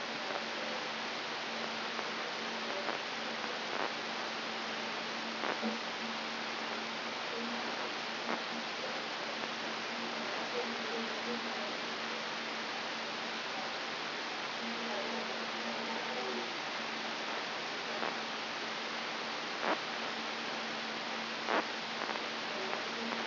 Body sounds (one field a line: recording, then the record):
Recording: brain microelectrode recording played as sound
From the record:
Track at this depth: inside the subthalamic nucleus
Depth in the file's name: 6.333 mm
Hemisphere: right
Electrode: 3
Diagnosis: Parkinson's disease